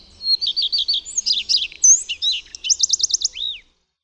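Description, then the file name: Common redstart singing: opens with several repeated high notes, then a scratchy, varied middle, a fast series of looping notes, and a final downslurred note; quiet background. "PLESZKA"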